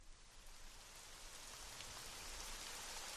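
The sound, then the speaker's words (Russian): A steady downpour of heavy rain, a dense hiss spread across the whole range with no pauses, holding constant and loud throughout without any voices. “По дороге в лагерь дождь припустил сильнее.”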